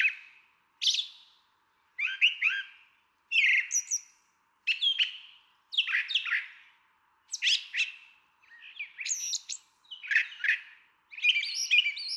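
Brown Thrasher singing: distinct varied phrases roughly every second, each a cluster of buzzy, slurred and chirped notes.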